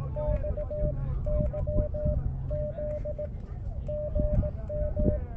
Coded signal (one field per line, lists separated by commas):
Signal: Morse code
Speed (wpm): 18 wpm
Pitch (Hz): 600 Hz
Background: speech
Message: X Y Z GM